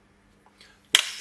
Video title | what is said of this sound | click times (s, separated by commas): Cracking an EPIPEN - Internal use only | now i want to snap it open gently and carefully to make sure the spring doesn't snap in my face or anyone else's | 0.9 s